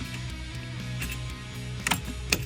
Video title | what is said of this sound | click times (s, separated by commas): **DIY** Battery Replacement for 2015 - 2020 Tahoe, Yukon, Escalade, Silverado, and Sierra #GMC @gmc | luckily it just snaps into place like that. | 2.3 s